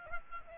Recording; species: mosquito wingbeat signal from an infrared sensor; Aedes albopictus